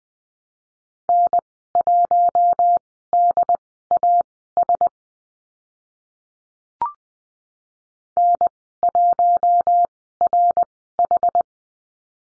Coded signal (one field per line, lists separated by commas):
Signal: Morse code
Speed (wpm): 20 wpm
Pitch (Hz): 700 Hz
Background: none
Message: N1DAS N1RH